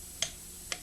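A clicker torque wrench tightens bolts on an engine assembly a little at a time to about 22-25 lb-ft. Two sharp clicks at 0.2 s and 0.7 s show that the wrench has reached its preset torque.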